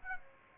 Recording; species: mosquito wingbeat signal from an infrared sensor; Aedes aegypti